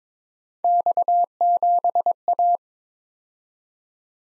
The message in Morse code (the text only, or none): X7A